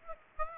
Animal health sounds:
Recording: mosquito wingbeat signal from an infrared sensor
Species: Aedes aegypti

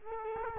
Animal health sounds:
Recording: mosquito wingbeat signal from an infrared sensor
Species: Culex quinquefasciatus

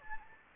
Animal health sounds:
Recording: mosquito wingbeat signal from an infrared sensor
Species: Anopheles gambiae

